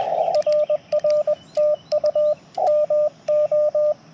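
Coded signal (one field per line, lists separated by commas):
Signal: Morse code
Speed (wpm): 20 wpm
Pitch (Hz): 590 Hz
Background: radio noise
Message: RR TU MO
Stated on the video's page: CW POTA park activation on a backpack Yaesu FT-891 with a 17 ft vertical antenna and BaMaKeY TP-III key; steady stream of 35 contacts in 40 minutes.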